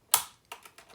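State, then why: Seated. The two side latches on the lid of an Orb DF-01iA vinyl record flattening heater are snapped shut after the lid is lowered, locking in to hold the lid closed. Two sharp clicks land at 0.1 s and 0.5 s, followed by fainter ticks. Both latches are seated.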